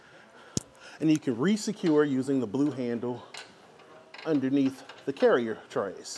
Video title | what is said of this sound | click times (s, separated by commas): How to Install the RockyMounts AfterParty Swing Away Bike Rack for 2 Bikes on a 2022 Toyota Tacoma | everything will just snap into place | 0.6 s